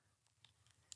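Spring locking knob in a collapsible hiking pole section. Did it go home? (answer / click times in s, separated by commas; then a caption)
yes / 0.9 s. A collapsible Trekology Trek-z hiking pole is pulled out until its sections line up, and the small spring-loaded metal locking knob seats with a sharp click at 0.9 s, locking the pole. Fainter ticks come just before it, at 0.5 s and 0.7 s. Someone talks.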